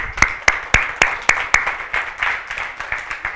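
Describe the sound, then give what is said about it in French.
A church audience applauds at a Sunday gathering on 9 January 2011: sharp, evenly spaced claps ring out at first, then blur into a softer, steady patter of many hands clapping together, with no voices. “Peu importe les chiffres, je vais t'applaudir.”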